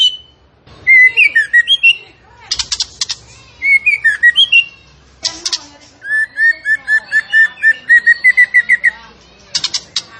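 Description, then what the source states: Zebra finch song: loud run of quick repeated chirps and twittering whistles, with a long steady series of rapid notes and some scratchy, harsh bursts. A songbird singing vigorously (gacor), used as a model for caged birds to learn from.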